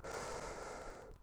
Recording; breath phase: one breath near a microphone; inhalation